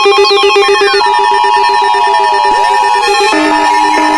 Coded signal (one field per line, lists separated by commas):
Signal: Emergency Alert System (SAME) tones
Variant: 853 and 960 Hz attention tone